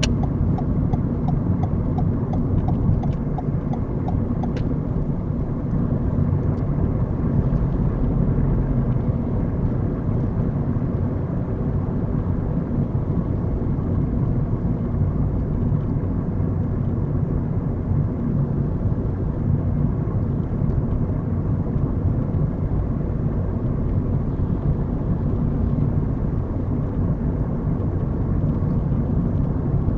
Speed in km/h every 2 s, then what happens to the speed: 48, 50, 52, 52, 52, 50, 47, 44, 45, 45, 45, 47, 47, 45, 45.
0-8 steady at about 52. 8-13 slows to 44. 13-30 steady at about 45.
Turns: none.